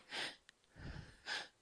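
Two loud, rushed breaths about a second apart: heavy, laboured breathing from breathlessness after climbing the stairs, in an adult on chemotherapy who then needs Ventolin.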